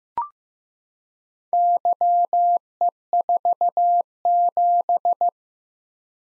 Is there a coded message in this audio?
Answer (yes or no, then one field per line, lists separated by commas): yes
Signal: Morse code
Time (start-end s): 1.5-5.3 s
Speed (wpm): 15 wpm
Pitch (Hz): 700 Hz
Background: none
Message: YE47